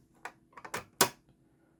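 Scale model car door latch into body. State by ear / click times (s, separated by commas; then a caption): seated / 1.0 s. The right door of a 1/8 scale model 1965 Shelby Cobra is swung closed against the body, with a few light taps and rattles between 0.2 and 0.8 seconds. At 1.0 seconds the small door latch snaps home with one sharp, loud click, and the door is locked into place.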